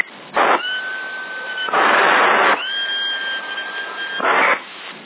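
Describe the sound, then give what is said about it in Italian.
Sustained whistling into a CB radio microphone in Sassari, transmitting in sideband at about 40 watts: steady, pure tones that shift pitch a few times, heard over a thin, band-limited hiss with several louder bursts of static. “Al fischio arriva 40 watt in banda laterale.”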